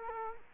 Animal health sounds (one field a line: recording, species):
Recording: mosquito wingbeat signal from an infrared sensor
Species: Culex quinquefasciatus